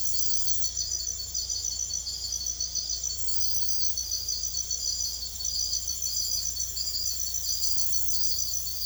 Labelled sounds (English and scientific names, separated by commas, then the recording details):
none
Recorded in secondary vegetation near Puerto Asís, Putumayo, Colombia, on 22 December 2024 at 02:00
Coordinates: 0.488, -76.319
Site GP04